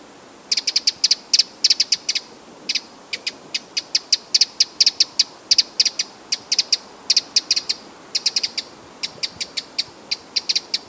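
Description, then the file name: Eurasian wren calls: sharp, dry ticking notes fired in rapid irregular bursts, steady throughout, with a quiet hiss underneath. "Troglodytes troglodytes"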